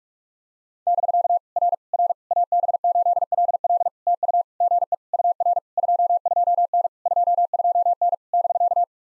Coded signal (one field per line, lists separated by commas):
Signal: Morse code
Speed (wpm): 46 wpm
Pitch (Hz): 700 Hz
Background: none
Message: <BK> R R AB8LL TU GE UR 22N 22N <BK>